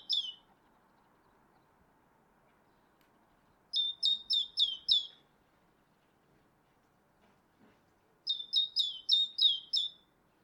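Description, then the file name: Great tit song, bright two-note phrases repeated rapidly in bursts of about five, with long pauses between bursts; quiet background. "Parus major"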